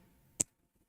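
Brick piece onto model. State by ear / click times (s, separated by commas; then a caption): seated / 0.4 s. A plastic brick piece is pressed onto a brick model and snaps on with one sharp, bright click at 0.4 seconds. The piece seats firmly. Before the click there is only a faint low background hum, and after it the clip goes nearly silent.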